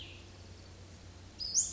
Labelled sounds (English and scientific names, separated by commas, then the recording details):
Cassin's Vireo (Vireo cassinii)
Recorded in Sonoma County, California